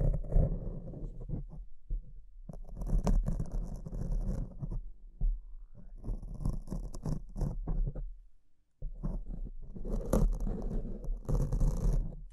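Mic scratching: dense, rough scraping and rubbing bursts that crowd the low and middle range, with sharp crackly flicks reaching up high. The rasping comes in irregular clusters, easing off around two, five and eight seconds before surging back, with a brief near-silent gap just before nine seconds.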